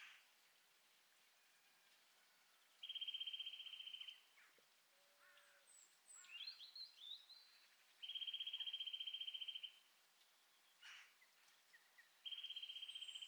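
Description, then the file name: Eurasian nuthatch giving three rapid, even trills of high piping notes, each lasting over a second, with a few softer chirps in the gaps. "Sitta europaea"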